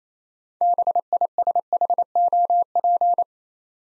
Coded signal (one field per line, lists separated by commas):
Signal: Morse code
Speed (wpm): 28 wpm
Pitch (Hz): 700 Hz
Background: none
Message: BISHOP